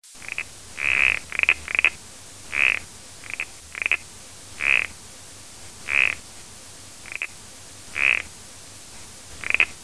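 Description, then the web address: Toad calls: short, bright chirping croaks, some doubled, repeated at uneven intervals over a faint low hum. "animal toad-call"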